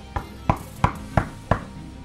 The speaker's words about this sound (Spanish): Hasta que un día nuevamente golpearon a la puerta.